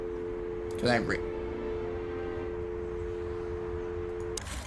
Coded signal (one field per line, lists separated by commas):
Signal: telephone call progress tone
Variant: North America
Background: speech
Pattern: dial tone